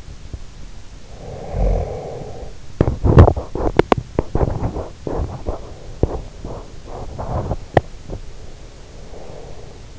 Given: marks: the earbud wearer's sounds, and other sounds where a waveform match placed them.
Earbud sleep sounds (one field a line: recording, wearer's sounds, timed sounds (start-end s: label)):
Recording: sounds in sleep by an in-ear microphone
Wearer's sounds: snoring breath, teeth grinding, breath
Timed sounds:
1.10-2.51 s: snoring breath
2.73-8.23 s: teeth grinding
8.23-9.99 s: breath